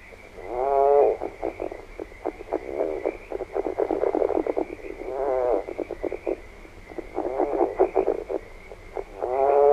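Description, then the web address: California red-legged frog calls: series of low, rapid stuttering grunts and chuckles, in bursts with pauses, over a steady faint hum. North America. "Songs of Frogs Toads of North America. California Red-legged Frog"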